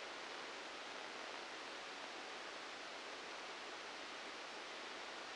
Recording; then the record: brain microelectrode recording played as sound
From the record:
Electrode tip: outside the subthalamic nucleus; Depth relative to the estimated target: 3 mm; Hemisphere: left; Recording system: NeuroSet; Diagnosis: Parkinson's disease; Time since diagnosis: 19 years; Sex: female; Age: 69 years